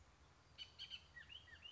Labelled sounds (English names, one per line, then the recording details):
Bullock's Oriole
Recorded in Sonoma County, California